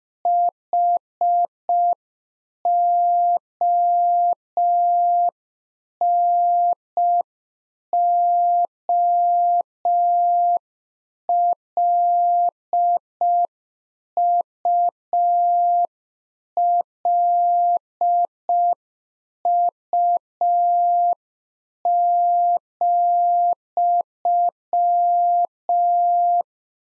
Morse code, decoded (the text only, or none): HONOLULU,